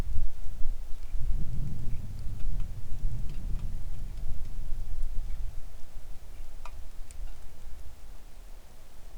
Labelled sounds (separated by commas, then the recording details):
songbird, wind, rain
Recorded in the Arctic National Wildlife Refuge, Alaska, on 3 August 2019 at 10:13
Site 41